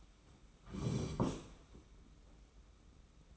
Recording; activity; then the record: daily activity, microphone in the room; sit down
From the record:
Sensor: 1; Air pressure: 991.7 hPa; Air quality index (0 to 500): 161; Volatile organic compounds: 1000 ppm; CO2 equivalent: 6014 ppm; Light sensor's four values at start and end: 30/100/39/40 and 31/103/40/41